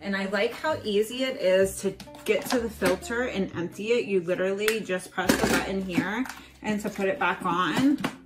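Someone talks while handling a vacuum's removable dust bin, which is pressed out with a button for emptying the filter and then brought back toward the vacuum body. Music plays in the background throughout. The clip ends before the dust bin goes back in, so nothing has seated or clicked yet.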